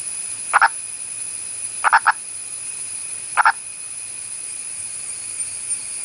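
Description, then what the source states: Purple frog calling in short clucking pulse groups of two to three notes, spaced about one and a half seconds apart, over a steady high hiss. Elusive burrowing purple frog of India; vocal behaviour of a fossorial species.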